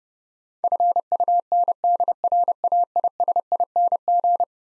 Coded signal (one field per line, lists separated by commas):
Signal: Morse code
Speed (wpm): 32 wpm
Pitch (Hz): 700 Hz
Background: none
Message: FUNDRAISING